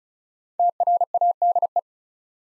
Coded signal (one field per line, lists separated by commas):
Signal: Morse code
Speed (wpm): 36 wpm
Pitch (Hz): 700 Hz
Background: none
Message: TRADE